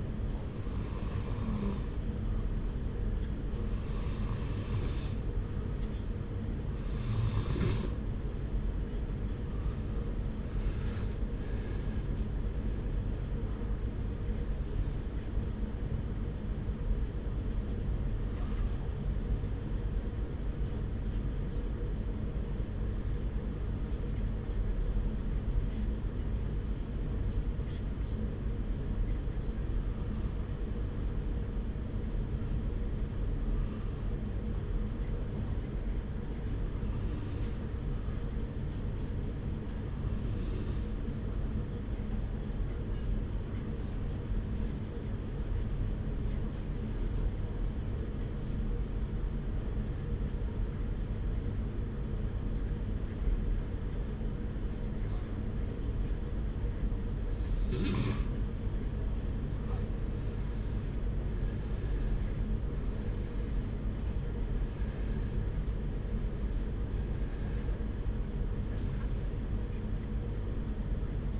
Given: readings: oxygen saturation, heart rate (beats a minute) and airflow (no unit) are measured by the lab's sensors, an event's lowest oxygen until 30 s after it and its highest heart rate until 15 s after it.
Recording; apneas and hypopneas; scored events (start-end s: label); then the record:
breathing in sleep by a smartphone at the bedside; 1
26.00-58.60 s: hypopnea (N2, oxygen 97% highest, then 89% lowest)
54.00-71.40 s: new sleep stage, N1 (lightest sleep)
From the record:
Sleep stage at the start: N2 (light sleep); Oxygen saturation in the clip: 90 to 97%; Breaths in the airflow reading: 22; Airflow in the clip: -2.3 to 3.1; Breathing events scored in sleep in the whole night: 335 in 6.7 hours asleep